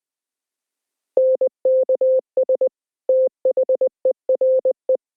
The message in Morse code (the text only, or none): NKS THERE